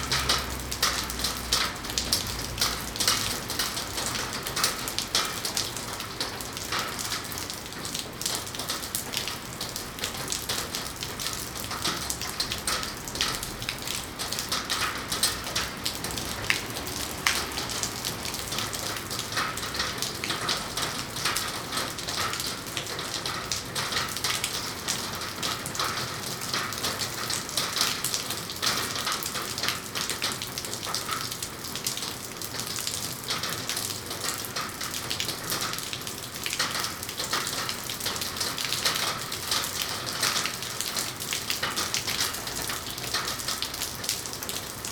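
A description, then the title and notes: Rain drums steadily on a metal roof, a dense, even patter of countless drops with a bright, tinny ring. The level holds constant throughout, with faint low rumble underneath and small flurries of heavier drops every few seconds. Rain on the Metal Roof.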